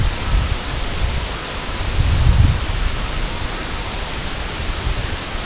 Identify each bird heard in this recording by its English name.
Red-throated Loon